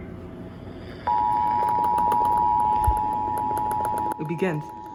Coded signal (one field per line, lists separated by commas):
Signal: Emergency Alert System (SAME) tones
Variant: 853 and 960 Hz attention tone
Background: speech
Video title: Now Playing: EAS Test - July 2020 Texas Required Monthly Test (EAS# 138-146)